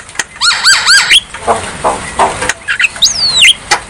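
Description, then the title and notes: Javan myna song opening with a run of wavy looping whistles, then softer rasps and a long sweeping whistled note near the end. Lure call to prompt a mute ('bisu') Javan myna to sing. "Pancingan Jalak Kebo Bisu. Kicau Jalak Kebo"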